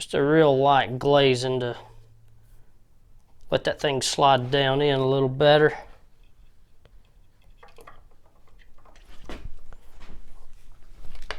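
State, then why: Not seated. A rubber spark plug boot, lightly glazed with oil, is handled over the spark plug terminal on a Kawasaki Ninja 650 motorcycle while someone talks for the first six seconds. Quiet rustling and scraping handling noises follow, with brief sharp knocks near 9.3 and 11.3 seconds. Nothing has snapped on or seated yet.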